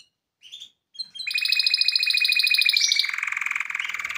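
Canary song: a few brief chirps followed by an extended rattling, buzzy trill that shifts lower partway through and continues to the end.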